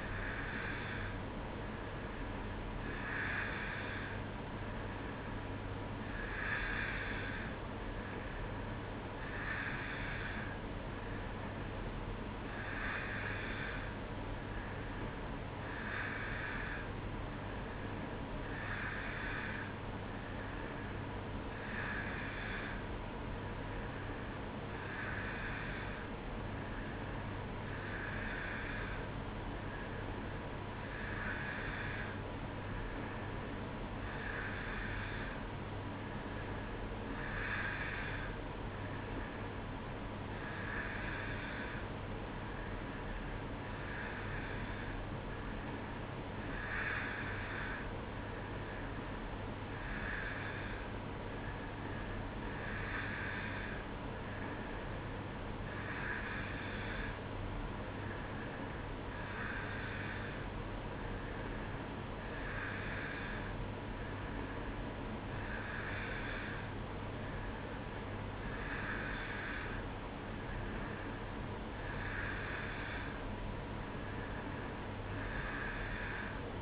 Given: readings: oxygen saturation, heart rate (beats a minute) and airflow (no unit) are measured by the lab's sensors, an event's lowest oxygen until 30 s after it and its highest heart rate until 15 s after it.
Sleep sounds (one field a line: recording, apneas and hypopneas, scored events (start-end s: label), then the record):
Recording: breathing in sleep by a voice recorder at the bedside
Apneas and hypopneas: none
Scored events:
59.00-76.62 s: new sleep stage, N3 (deep sleep)
From the record:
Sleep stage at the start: N2 (light sleep)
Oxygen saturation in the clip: 90%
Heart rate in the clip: 62 to 67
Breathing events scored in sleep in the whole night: 305 in 9.6 hours asleep